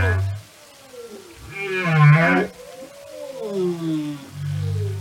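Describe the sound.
Whale calls: a low groan, a bright harmonic cry, then several long descending gliding tones and another deep note.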